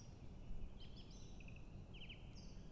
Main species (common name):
Song Thrush